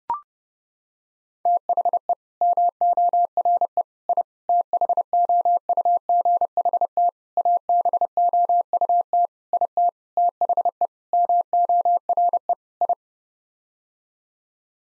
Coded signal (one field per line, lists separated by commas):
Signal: Morse code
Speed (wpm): 32 wpm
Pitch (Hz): 700 Hz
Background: none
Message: THE MORE I THOUGHT ABOUT IT THE MORE I